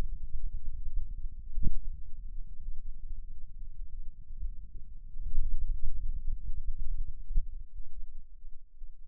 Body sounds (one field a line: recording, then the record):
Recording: forearm muscle sounds (acoustic myography)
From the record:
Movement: finger pinch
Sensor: system 2, bracelet of six BSWA MPA416 microphones around the upper forearm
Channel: 1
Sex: male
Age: 22 years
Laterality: right